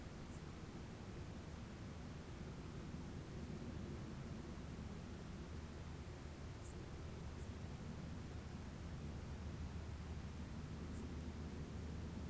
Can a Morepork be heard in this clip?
no